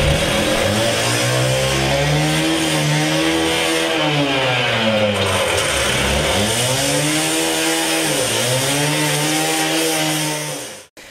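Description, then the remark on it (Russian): An angle grinder cuts through a door during a search in a loud, unbroken whine for about eleven seconds. Its pitch dips and climbs as the blade bites under load, then it cuts off abruptly. “Вот когда вы услышите звук болгарки, то у вас остается несколько, там, пару-двойка минут для того, и...”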